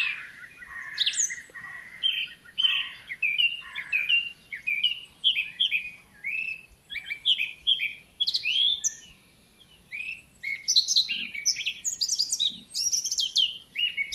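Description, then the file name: Eurasian blackcap song: a long run of warbled, chattering phrases with brighter fluted notes, pausing briefly and starting again several times. "Sylvia atricapilla"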